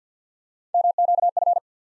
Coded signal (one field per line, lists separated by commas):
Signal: Morse code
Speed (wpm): 50 wpm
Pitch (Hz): 700 Hz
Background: none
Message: MQF